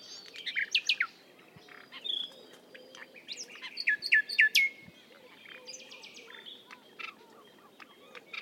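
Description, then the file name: Common nightingale song of sharp slurred whistles, descending notes and brisk chattering trills, delivered in uneven bursts over a soft low background. "Luscinia megarhynchos"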